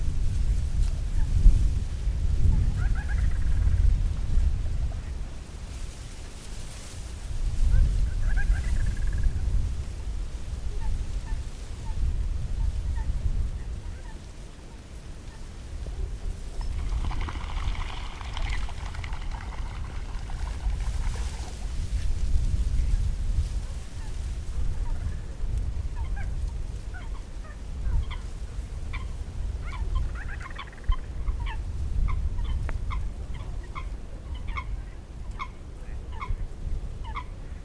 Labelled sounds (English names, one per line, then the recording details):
Little Crake
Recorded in the wild
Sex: female
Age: adult
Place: Kützerhof, Kummerower See, Mecklenburg-Vorpommern, DE
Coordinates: 53.8583, 12.85
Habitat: wetland
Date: 2009-04-17 22:58
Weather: wolkenlos, mäßiger Wind aus Nord, ca. 5°C
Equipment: Sound Devices 702, Sennheiser MKH 70, Rycote Windschutz
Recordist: Frommolt, Karl-Heinz